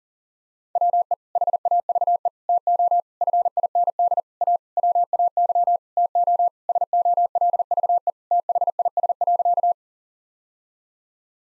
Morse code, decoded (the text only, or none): WE HAVE TO FIND A WAY TO SOLVE THIS.